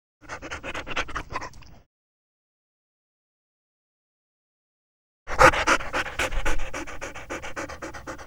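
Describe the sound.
Dog panting: quick, rhythmic breaths in a short burst, a silent pause of several seconds, then a louder, longer run of rapid panting.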